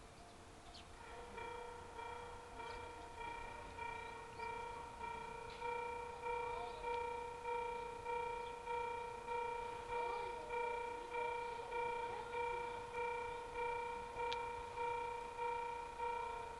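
On the Ohmi Railway line, a ringing bell-like tone starts about a second in and repeats steadily, roughly every two-thirds of a second, each strike fading slightly before the next. A low rumble runs underneath, with a few scattered clicks.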